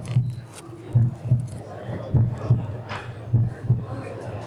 A normal heartbeat. Mostly the sound of heart valves opening and closing.